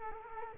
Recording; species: mosquito wingbeat signal from an infrared sensor; Culex quinquefasciatus